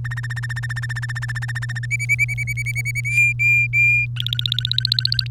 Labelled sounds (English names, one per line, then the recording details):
Domestic Canary song
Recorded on 3 May 2018 at 13:35
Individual llb3